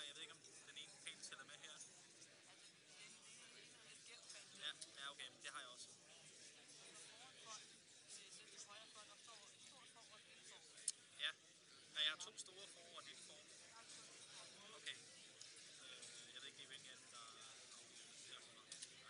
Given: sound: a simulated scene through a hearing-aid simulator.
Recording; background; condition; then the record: conversation; cafeteria; -4 dB SNR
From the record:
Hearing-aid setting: standard clinical setting (NAL); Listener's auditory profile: B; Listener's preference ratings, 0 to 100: 19, 24, 73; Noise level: 65 dB SPL